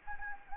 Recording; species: mosquito wingbeat signal from an infrared sensor; Anopheles gambiae